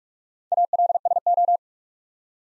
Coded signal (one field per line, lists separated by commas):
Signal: Morse code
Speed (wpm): 44 wpm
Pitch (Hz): 700 Hz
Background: none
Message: ALSO